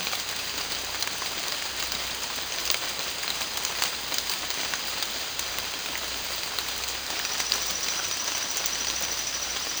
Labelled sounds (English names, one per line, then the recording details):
none
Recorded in secondary vegetation near Puerto Asís, Putumayo, Colombia, on 19 June 2025 at 16:00
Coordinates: 0.485, -76.322
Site GP06